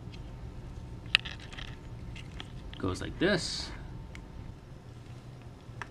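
After a small sealing ring is fitted, the plastic top is pressed onto an RC radio receiver box and seats with a loud, sharp click at 1.1 s, followed by a few fainter ticks and light handling noise. Someone then talks briefly, and the top is confirmed seated.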